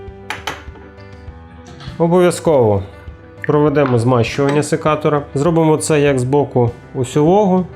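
A metal safety lock (catch) is fitted back into its seat on the handle of Bahco PG-12-F pruning shears during reassembly, giving two short metallic hits at 0.3 s and 0.5 s. The lock seats in place, and then someone talks.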